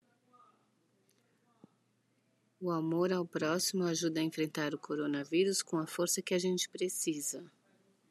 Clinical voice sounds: spoken sentence; Brazilian Portuguese; female; 40 to 49 years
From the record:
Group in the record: control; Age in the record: 49 years

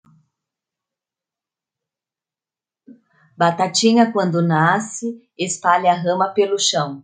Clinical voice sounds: short text; Brazilian Portuguese; female; 20 to 29 years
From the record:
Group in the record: control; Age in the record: 26 years

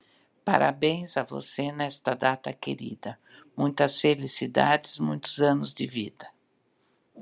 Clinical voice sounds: short text; Brazilian Portuguese; female; 60 to 69 years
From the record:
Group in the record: control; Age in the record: 64 years

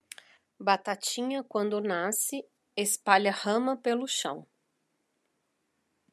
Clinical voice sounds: short text; Brazilian Portuguese; female; 40 to 49 years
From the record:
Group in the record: control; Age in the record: 48 years

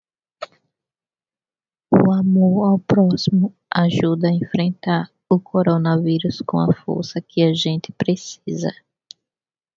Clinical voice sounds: spoken sentence; Brazilian Portuguese; female; 30 to 39 years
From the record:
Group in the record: control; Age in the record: 35 years

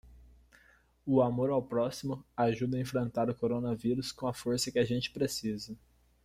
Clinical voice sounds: spoken sentence; Brazilian Portuguese; male; 20 to 29 years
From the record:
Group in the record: control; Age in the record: 21 years

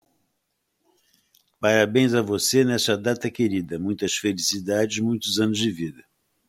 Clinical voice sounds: short text; Brazilian Portuguese; female; 20 to 29 years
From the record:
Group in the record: control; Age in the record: 20 years

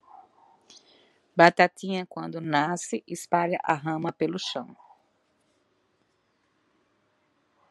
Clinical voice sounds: short text; Brazilian Portuguese; female; 40 to 49 years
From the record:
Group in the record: control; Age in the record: 47 years

